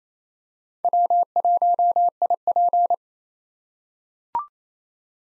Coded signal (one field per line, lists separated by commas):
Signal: Morse code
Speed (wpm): 27 wpm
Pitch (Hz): 700 Hz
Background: none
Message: W1IP